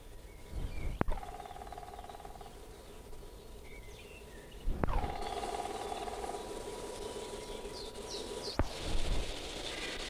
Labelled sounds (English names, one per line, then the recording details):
Black Woodpecker call
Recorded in the wild
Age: adult
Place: Fangschleuse, Brandenburg, DE
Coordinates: 52.4167, 13.8
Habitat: wood
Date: 1963-04-19
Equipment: R 20, Transistorverstärker, Vollspur
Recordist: TSA